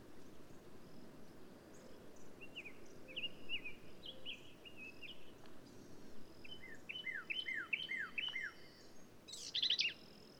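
Black-capped vireo song: soft, high whistled notes in short series, a quicker run of downslurred notes, then one sharp harsh burst at the end, over steady low rumble.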